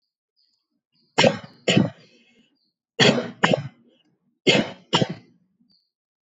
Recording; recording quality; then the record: heavy voluntary cough; excellent, no background noise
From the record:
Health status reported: COVID-19 positive, mild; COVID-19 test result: positive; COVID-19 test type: RT-PCR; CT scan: not taken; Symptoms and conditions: cough, cold, fever, fatigue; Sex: male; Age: 23 years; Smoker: no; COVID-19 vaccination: both doses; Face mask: not worn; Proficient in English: yes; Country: India